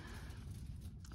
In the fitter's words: but that's just something to be mindful of it just kind of snaps back into place there